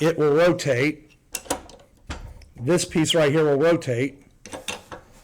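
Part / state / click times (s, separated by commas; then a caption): rotating piece into caster frame of a dynamics cart / seated / 4.7 s. Someone talks while rotating a loose piece on a homemade dynamics cart, with short sharp clicks and knocks between phrases. At 4.7 s a ratchet-like click is heard as the piece snaps into place in the caster frame, and it is seated.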